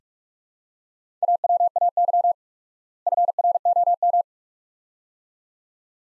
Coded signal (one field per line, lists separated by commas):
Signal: Morse code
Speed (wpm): 42 wpm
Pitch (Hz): 700 Hz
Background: none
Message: AWAY FROM